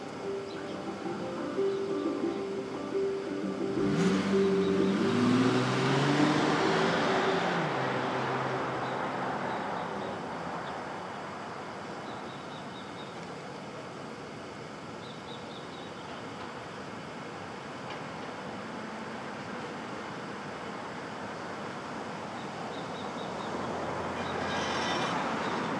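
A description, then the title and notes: Early morning city sound in Brooklyn: a vehicle, possibly a train, swells in around four seconds with a whining engine tone and rumble, then fades over the next several seconds. A steady low traffic hum remains, building slightly again near the end. Street Traffic.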